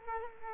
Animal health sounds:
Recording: mosquito wingbeat signal from an infrared sensor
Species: Culex quinquefasciatus

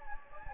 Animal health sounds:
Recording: mosquito wingbeat signal from an infrared sensor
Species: Anopheles gambiae

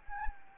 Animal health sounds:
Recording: mosquito wingbeat signal from an infrared sensor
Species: Anopheles arabiensis

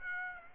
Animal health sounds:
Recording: mosquito wingbeat signal from an infrared sensor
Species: Aedes aegypti

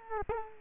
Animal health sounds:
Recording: mosquito wingbeat signal from an infrared sensor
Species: Culex quinquefasciatus

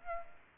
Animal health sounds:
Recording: mosquito wingbeat signal from an infrared sensor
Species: Aedes aegypti

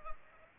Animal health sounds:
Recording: mosquito wingbeat signal from an infrared sensor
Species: Culex pipiens

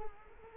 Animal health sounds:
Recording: mosquito wingbeat signal from an infrared sensor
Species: Culex quinquefasciatus

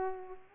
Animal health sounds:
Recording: mosquito wingbeat signal from an infrared sensor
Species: Culex pipiens

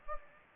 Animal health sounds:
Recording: mosquito wingbeat signal from an infrared sensor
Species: Anopheles gambiae

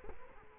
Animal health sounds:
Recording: mosquito wingbeat signal from an infrared sensor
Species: Culex quinquefasciatus

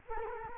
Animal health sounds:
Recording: mosquito wingbeat signal from an infrared sensor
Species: Culex quinquefasciatus

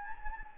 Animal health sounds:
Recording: mosquito wingbeat signal from an infrared sensor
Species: Anopheles gambiae

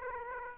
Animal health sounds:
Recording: mosquito wingbeat signal from an infrared sensor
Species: Aedes aegypti

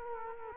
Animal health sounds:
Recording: mosquito wingbeat signal from an infrared sensor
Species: Culex quinquefasciatus

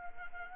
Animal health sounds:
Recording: mosquito wingbeat signal from an infrared sensor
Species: Anopheles arabiensis

